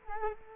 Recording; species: mosquito wingbeat signal from an infrared sensor; Culex quinquefasciatus